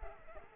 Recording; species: mosquito wingbeat signal from an infrared sensor; Culex pipiens